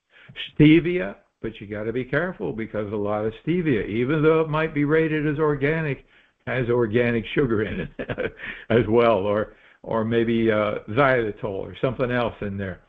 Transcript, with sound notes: Stevia, but you gotta be careful because a lot of stevia, even though it might be rated as organic, has organic sugar in it, (laughs) as well, or, or maybe, uh, xylitol or something else in there.